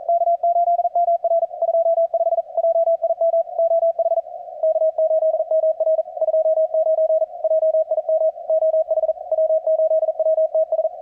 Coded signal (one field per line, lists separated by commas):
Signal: Morse code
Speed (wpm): 42 wpm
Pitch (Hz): 620 Hz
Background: none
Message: K8MR 25 JIM OH K8MR 29 JIM OH W8WTS